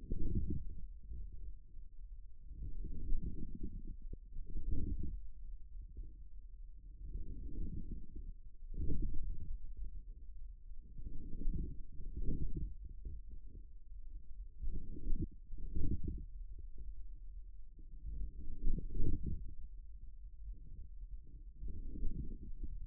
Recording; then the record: forearm muscle sounds (acoustic myography)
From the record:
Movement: forearm supination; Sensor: system 1, eight BSWA MPA416 microphones around the upper forearm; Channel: 8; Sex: male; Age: 41 years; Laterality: right